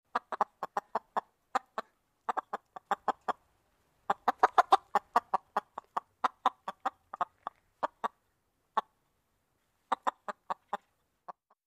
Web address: chickens